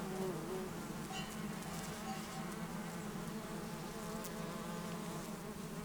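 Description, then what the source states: Bumblebee: steady low buzzing of bumblebees in flight. Bumblebees and other pollinators flying flower to flower for nectar, warm morning after overnight cloud cover, 6500 ft meadow at south end of Taylor Lake, Russian Wilderness, Klamath National Forest, Siskiyou County, California.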